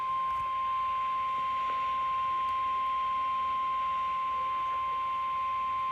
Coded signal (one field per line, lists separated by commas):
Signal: Emergency Alert System (SAME) tones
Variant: 1050 Hz attention tone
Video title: Sterling’s Randomness, Cinco de Mayo Edition(EAS 767-769)